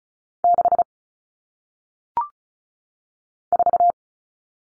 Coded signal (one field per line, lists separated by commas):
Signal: Morse code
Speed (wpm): 33 wpm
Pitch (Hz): 700 Hz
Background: none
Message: 6 4